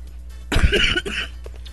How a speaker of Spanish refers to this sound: Perdón, un pequeño ataque de tos.